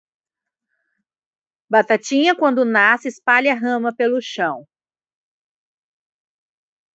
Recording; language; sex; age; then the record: short text; Brazilian Portuguese; female; 30 to 39 years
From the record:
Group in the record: control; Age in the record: 38 years